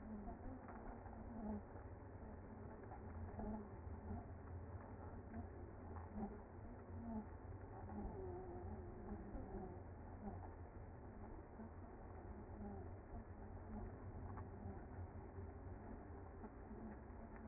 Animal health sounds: honeybee colony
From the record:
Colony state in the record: active

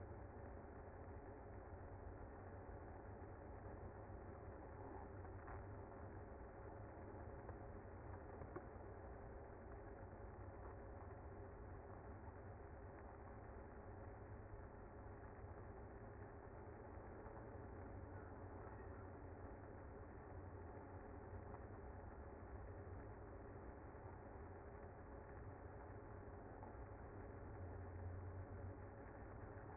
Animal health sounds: honeybee colony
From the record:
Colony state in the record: active

